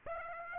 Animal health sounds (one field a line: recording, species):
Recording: mosquito wingbeat signal from an infrared sensor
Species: Aedes aegypti